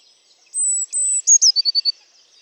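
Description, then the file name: Eurasian blue tit song: two long, thin, very high whistles, a falling note, then a short trill of a few notes. "Cyanistes caeruleus"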